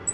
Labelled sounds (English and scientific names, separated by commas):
Black-throated Green Warbler (Setophaga virens) flight call